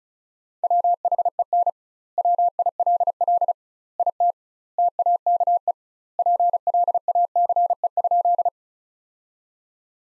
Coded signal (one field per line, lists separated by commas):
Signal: Morse code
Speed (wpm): 34 wpm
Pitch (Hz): 700 Hz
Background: none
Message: WHEN WILL IT TAKE PLACE?